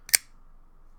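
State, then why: Seated. A Gerber Fastball folding knife with aluminum scales is flipped open on its ball-bearing action, giving a faint tick at 0.1 s. The blade snaps into its locked open position in the aluminum handle with a sharp, bright metallic click at 0.15 s. The blade is confirmed locked open.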